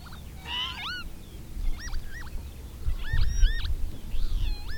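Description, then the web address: Bird calls, a hoarse note followed by several rising and falling whistled calls, against steady low rumbling noise. "madarak enek"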